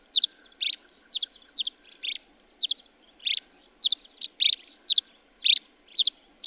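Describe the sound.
Bird song made of bright, sharp chirps in quick pairs and bursts, high and clear, with irregular spacing and little background sound.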